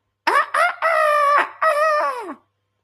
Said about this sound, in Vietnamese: Ở nơi xa một hồi khàn khàn, dở dở ương ương là âm thanh gà gáy đột nhiên vang lên.